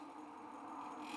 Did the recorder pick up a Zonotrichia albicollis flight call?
no